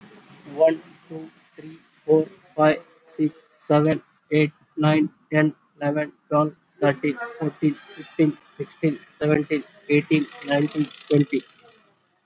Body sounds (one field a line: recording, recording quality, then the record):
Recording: counting at a normal pace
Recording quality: excellent, no background noise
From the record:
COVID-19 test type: RT-PCR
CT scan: not taken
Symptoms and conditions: cold, fever, fatigue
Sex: male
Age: 21 years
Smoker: no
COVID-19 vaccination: both doses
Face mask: worn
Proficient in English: yes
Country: India